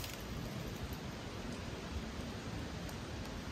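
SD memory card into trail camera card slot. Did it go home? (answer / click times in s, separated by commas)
no / none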